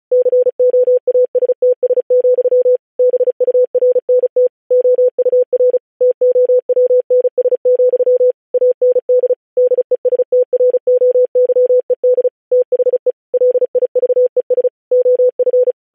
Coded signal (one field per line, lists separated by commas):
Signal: Morse code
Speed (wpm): 36 wpm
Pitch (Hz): 500 Hz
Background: none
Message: COASTS, BURNT OUR TOWNS, AND DESTROYED THE LIVES OF